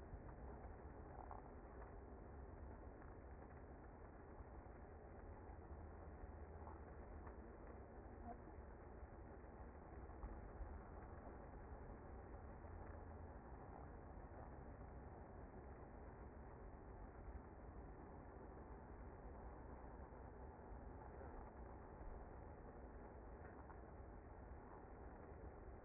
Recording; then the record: honeybee colony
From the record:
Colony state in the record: active